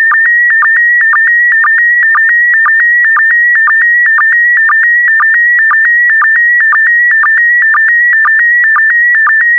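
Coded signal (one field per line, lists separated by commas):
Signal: SSTV (slow-scan television)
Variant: PD120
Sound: steady warbling high tone with rhythmic low chirps about twice per second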